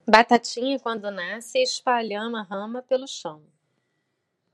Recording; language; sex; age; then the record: short text; Brazilian Portuguese; female; 40 to 49 years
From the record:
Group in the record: control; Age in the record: 41 years